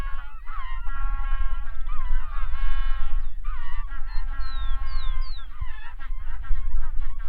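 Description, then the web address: Magellanic penguin braying, harsh honking notes with rich harmonics, over a steady low rumble. "cantos pinguipata"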